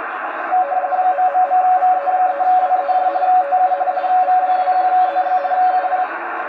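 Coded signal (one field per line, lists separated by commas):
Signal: RTTY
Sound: rapid warbling two-tone teleprinter chatter under hissy shortwave static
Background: radio static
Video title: V21ZG Antigua and Barbuda 10M RTTY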